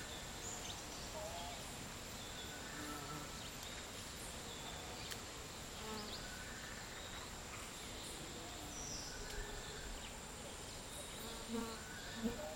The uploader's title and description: Costa Rican Dry forest. Around midday in a dry forest in Nosara, Guanacaste